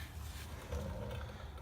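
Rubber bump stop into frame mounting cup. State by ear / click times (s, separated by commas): not seated / none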